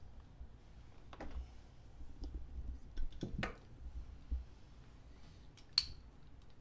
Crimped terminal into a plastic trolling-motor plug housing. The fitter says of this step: easier that snap you can hear it snap and it goes in there take a little pressure